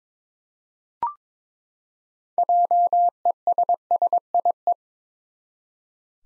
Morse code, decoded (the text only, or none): JESSIE